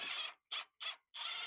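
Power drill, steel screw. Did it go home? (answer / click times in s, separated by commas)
no / 0.5 s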